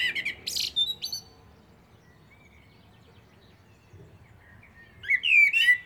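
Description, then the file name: Common blackbird song: a short phrase with a shrill squeaky ending, silence for several seconds, then a fresh fluted warble starting. "Turdus merula"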